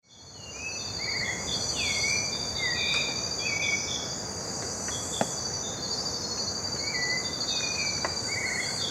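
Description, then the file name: White-necked thrush calls: scattered slurred whistles that fall then level off, in loose clusters, set against a constant shrill insect chorus. "Turdus albicollis - White-necked Thrush"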